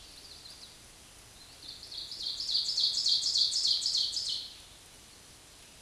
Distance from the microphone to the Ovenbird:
about 10 m